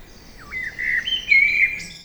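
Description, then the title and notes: Common blackbird song, a rich fluty phrase rising and wavering, ending in a thin high squeaky flourish. Common blackbird singing trilling song from a tree beside Lac de Barterand lake, Magnieu, France, during the evening chorus; Sennheiser MKH8040 stereo ORTF microphones and Zoom F8 recorder. "Lac de Barterand - Magnieu, France - Chorus du soir. ce merle noir. son chant s'envole en trilles"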